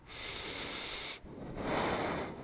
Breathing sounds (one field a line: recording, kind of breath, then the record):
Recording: one breath in and out by a microphone near the nose and mouth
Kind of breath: deep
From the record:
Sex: male